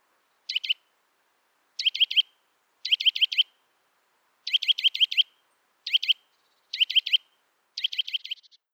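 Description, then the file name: Eurasian nuthatch calling in quick bursts of three to six sharp, clear, piping notes, with each burst repeated about once a second. "Sitta europaea"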